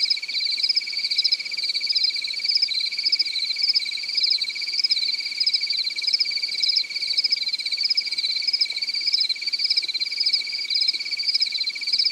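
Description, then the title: Cricket giving an unbroken high-pitched pulsing trill that swells slightly in rhythm, over a steady lower tone. "AnimalCricket"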